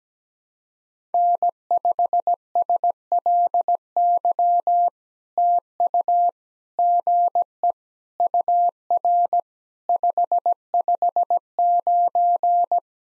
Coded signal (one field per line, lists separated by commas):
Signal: Morse code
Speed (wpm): 17 wpm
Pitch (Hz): 700 Hz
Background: none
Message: N5SLY TU GE UR 559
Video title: POTA QSO Practice - 17wpm